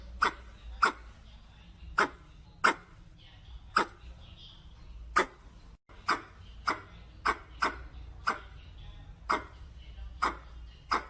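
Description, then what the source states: Red squirrel calling with many short, sharp chucks at uneven intervals, over a faint low rumble. Red squirrel calling to the group.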